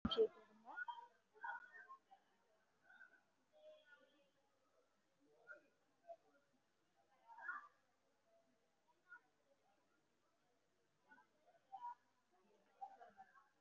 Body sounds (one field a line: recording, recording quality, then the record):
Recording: deep breathing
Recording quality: poor, much background noise or distortion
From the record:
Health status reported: respiratory illness, not identified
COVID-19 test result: negative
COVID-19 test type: RT-PCR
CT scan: taken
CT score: 0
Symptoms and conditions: cough, cold, breathing difficulty, pneumonia, another respiratory illness, another condition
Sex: female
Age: 37 years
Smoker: no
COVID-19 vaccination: none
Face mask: worn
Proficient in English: yes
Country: India